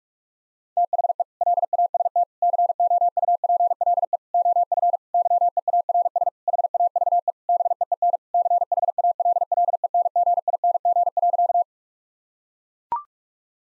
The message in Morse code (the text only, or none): THE LAST COUPLE OF YEARS HAVE BEEN CHALLENGING.